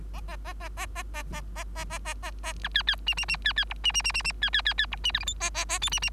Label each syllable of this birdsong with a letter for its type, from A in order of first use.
A A A A A A A A A A A A A A B C C D D D C C E D D D D D C C C C E D F G H A A A I D D